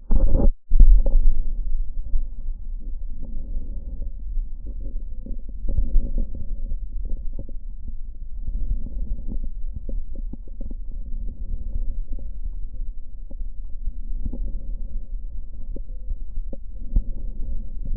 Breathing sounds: lung sounds by stethoscope; left posterior lower chest; normal breath sounds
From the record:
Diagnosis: none (healthy); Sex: male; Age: 32 years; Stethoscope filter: diaphragm mode, 100 to 500 Hz

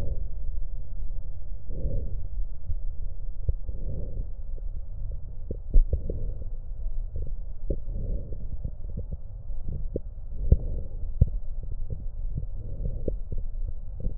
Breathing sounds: lung sounds by stethoscope; right posterior lower chest; normal breath sounds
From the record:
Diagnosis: none (healthy); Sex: female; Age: 66 years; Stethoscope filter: extended mode, 50 to 500 Hz

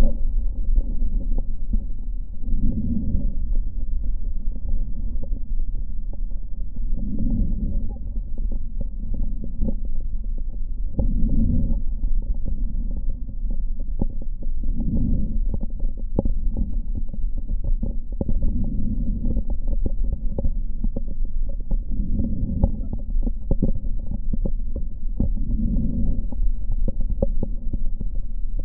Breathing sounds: lung sounds by stethoscope; left posterior middle chest; expiratory wheeze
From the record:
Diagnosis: COPD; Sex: male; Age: 53 years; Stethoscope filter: diaphragm mode, 100 to 500 Hz

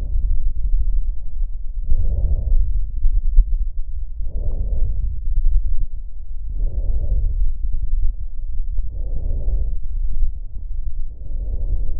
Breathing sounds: lung sounds by stethoscope; left posterior middle chest; normal breath sounds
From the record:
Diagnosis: none (healthy); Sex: male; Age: 30 years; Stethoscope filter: extended mode, 50 to 500 Hz

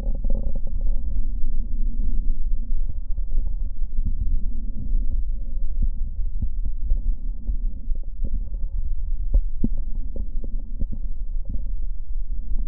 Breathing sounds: lung sounds by stethoscope; left posterior middle chest; normal breath sounds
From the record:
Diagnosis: none (healthy); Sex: male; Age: 18 years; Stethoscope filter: diaphragm mode, 100 to 500 Hz

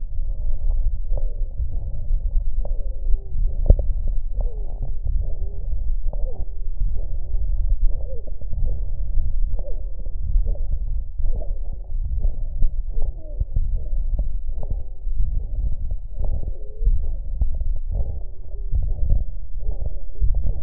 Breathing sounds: lung sounds by stethoscope; right posterior upper chest; expiratory wheeze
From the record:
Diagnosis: asthma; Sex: male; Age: 24 years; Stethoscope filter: extended mode, 50 to 500 Hz

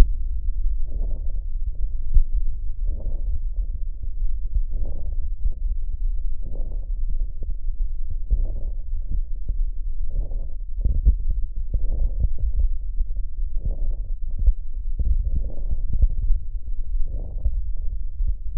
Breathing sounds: lung sounds by stethoscope; right posterior lower chest; crackles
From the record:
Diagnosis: bronchitis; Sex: male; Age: 20 years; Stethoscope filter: extended mode, 50 to 500 Hz

